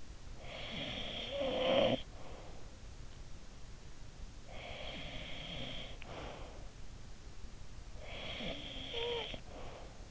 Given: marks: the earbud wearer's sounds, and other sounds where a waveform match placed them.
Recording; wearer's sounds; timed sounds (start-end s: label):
sounds in sleep by an in-ear microphone; snoring breath, breath
0.00-2.76 s: snoring breath
4.12-7.09 s: breath
7.78-10.11 s: snoring breath